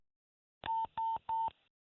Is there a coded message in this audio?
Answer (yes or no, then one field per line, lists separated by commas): no